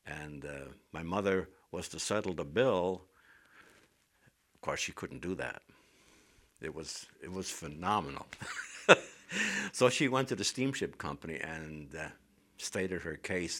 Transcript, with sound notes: and my mother was to settle the bill, of course she couldn't do that. It was phenomenal. ( he laughs ) So she went to the steamship company and stated her case.